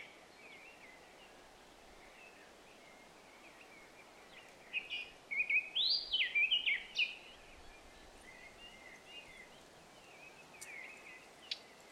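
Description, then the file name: Eurasian blackcap singing a mellow warbled phrase midway that ends in clear whistled notes, with quieter twittering before and after. "Sylvia atricapilla"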